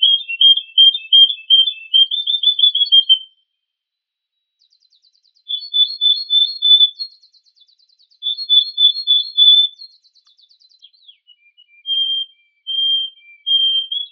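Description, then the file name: Canary song with bursts of rolling chirped trills and fine buzzy rattles, separated by short silences, ending in clear level whistles. A combination of Yorkshire and Russian canary songs. "Kombinasi Suara Kenari Yorkshire dan Rusia"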